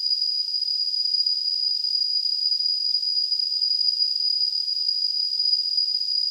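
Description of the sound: Simulated tinnitus: a steady, unbroken high-pitched tone near 5 kHz over a band of high-frequency hiss, with no low-frequency content, holding constant throughout.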